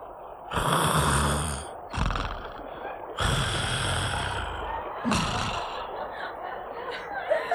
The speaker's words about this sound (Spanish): Cosa de 2 o 3 horas haría ya que el joven montero roncaba pierna suelta, disfrutando a todo sabor de uno de los sueños más apacibles de su vida